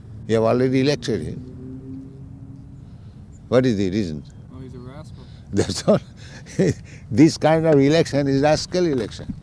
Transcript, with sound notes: You have already elected him. What is the reasons?
Well, he’s a rascal.
[laughs] That’s all. This kind of election is rascal election.